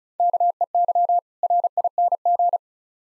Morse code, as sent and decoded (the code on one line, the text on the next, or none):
-.- . -.-- / .-. .. -. --.
KEY RING